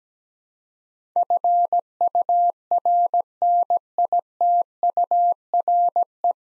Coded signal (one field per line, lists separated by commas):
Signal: Morse code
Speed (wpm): 17 wpm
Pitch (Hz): 700 Hz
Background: none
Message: FURNITURE